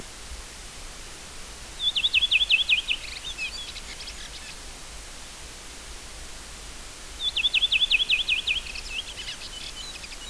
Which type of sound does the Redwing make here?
song